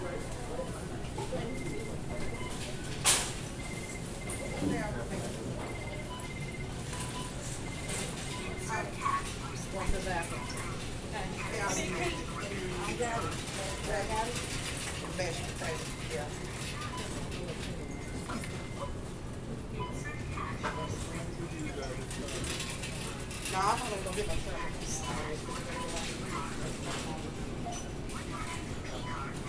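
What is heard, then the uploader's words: Shoppers murmur and talk steadily in a Food Lion aisle, with repeating machine beeps, a sharp clack near three seconds, and rattling carts. Standing in an aisle at Food Lion on Plaza. Featuring the self-checkout machines, customers and grocery carts.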